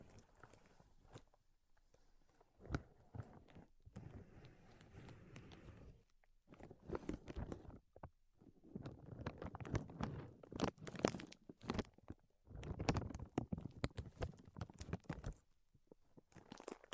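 Tapping, scratching and tracing sounds come in dense, irregular bursts of crisp clicks and rough rustling, with brief quiet gaps near 2, 6 and 8 seconds. Sharp taps stand out around 3, 11 and 13 seconds, and the scratching grows busier and louder after 9 seconds.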